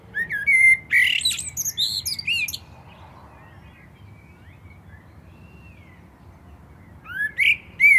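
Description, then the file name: Common blackbird song: a mellow fluted phrase ending in high squeaky twitters, then a pause of several seconds before the next phrase starts. "Turdus merula"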